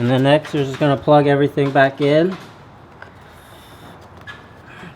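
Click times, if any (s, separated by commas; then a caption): 3.0 s. Someone talks, then during reassembly a plastic wiring harness connector is pushed into its socket on a Onewheel electric skateboard. A small, sharp click at 3.0 s shows the latch engaging and the connector seating. Faint low handling noise follows.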